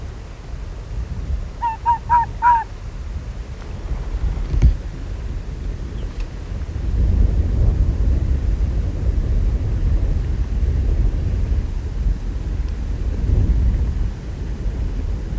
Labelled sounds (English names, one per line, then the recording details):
Arctic Fox
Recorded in the wild
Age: adult
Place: Insel Mednyi, Kommandeur-Inseln, RU
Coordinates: 54.5167, 168.083
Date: 1999-06-30 22:45
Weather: bewölkt, 8°C, in Schlucht fast windstill
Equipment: Sony WM-D6C, Sennheiser MKH 70, Windkorb, Kopie Sony TCD-D8
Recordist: Frommolt, Karl-Heinz